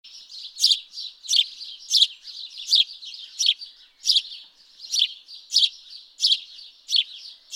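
House sparrow giving a string of loud, clipped chirps, roughly one or two each second, some notes sharper and brighter than others.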